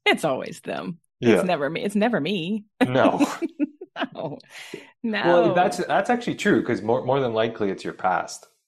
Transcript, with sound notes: It's always them.
Yeah.
It's never me. It's never me. (laughs)
No. (laughs)
No. (laughs) No.
Well, that's, that's actually true, 'cause more, more than likely, it's your past.